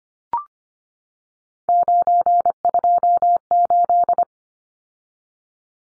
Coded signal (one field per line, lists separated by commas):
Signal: Morse code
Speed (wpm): 25 wpm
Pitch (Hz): 700 Hz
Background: none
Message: 928